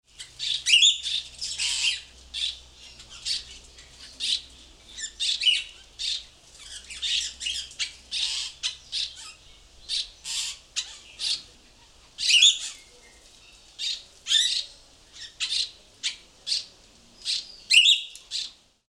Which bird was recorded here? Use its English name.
Grosbeak Starling